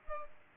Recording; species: mosquito wingbeat signal from an infrared sensor; Culex pipiens